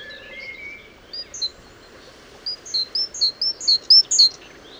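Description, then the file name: Great tit calls: a run of short, high, sharp notes, about four a second, following fainter scattered chirps and a lower thin whistle early on. "Parus major"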